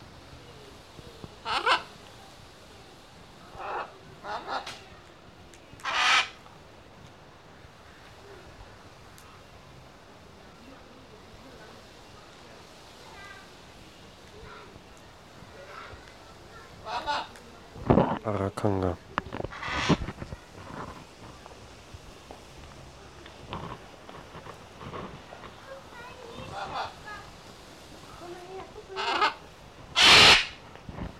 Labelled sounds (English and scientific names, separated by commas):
Red-and-green Macaw (Ara chloropterus) call